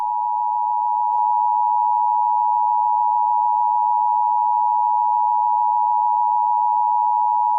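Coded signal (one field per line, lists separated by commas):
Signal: Emergency Alert System (SAME) tones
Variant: 853 and 960 Hz attention tone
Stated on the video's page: Simulated EAS scenario.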